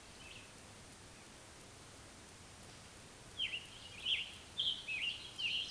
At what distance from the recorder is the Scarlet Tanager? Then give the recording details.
about 25 m. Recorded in a Pennsylvania forest on 1 June 2023 at 08:09. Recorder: AudioMoth, point grid3_35_high. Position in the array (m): 165 m, 141 m